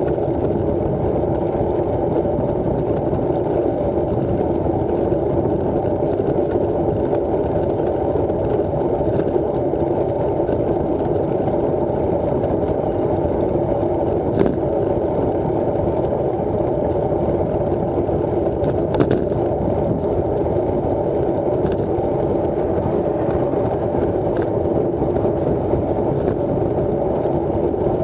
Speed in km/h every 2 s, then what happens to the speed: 31, 31, 31, 31, 32, 31, 32, 31, 32, 31, 30, 30, 30, 32.
0-28 steady at about 31.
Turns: none.